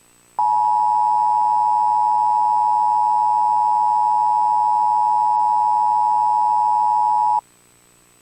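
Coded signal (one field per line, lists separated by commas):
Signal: Emergency Alert System (SAME) tones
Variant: 853 and 960 Hz attention tone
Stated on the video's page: Fictional EAS scenario containing valid SAME Emergency Alert System tones.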